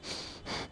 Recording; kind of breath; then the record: one breath in and out by a microphone near the nose and mouth; strong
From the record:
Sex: male